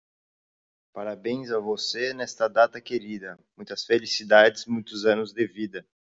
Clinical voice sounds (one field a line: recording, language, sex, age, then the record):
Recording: short text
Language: Brazilian Portuguese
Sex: male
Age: 30 to 39 years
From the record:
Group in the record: control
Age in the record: 31 years